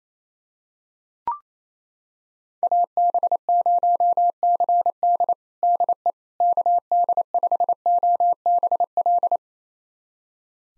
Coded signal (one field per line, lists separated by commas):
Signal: Morse code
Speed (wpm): 28 wpm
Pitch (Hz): 700 Hz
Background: none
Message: AB0CD DE KD5OBL